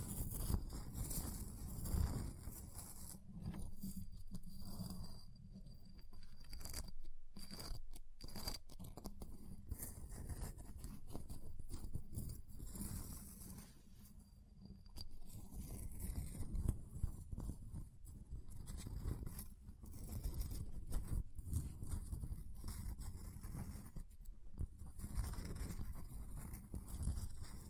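Ice being tapped, scratched and carved, with dense, continuous scraping and rasping that sweeps from low rumbling up to hissy highs. Brief gaps break the texture around seven and fourteen seconds, and a thin high whine comes and goes early on.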